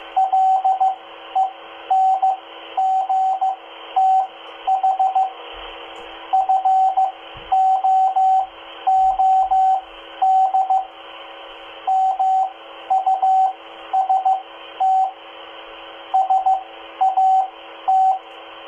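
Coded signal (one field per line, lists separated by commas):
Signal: Morse code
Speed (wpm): 15 wpm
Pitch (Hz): 760 Hz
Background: radio noise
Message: LENGTH FOOD MUST SAT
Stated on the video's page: CW practice during a net on the 2 m repeater at 146.825 MHz FM, received on Baofeng UV-5R and Explorer QRZ-1 handhelds.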